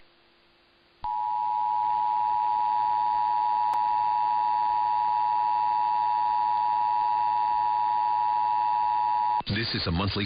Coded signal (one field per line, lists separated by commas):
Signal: Emergency Alert System (SAME) tones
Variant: 853 and 960 Hz attention tone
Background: speech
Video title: EAS- Utah Required Monthly Test (RMT) Captured on KSL-AM 1160 (6/29/23)